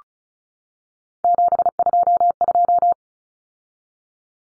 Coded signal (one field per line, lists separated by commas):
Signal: Morse code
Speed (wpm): 34 wpm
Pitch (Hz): 700 Hz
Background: none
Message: 722